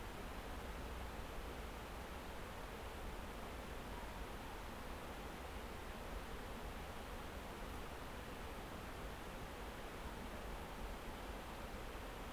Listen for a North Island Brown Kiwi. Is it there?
no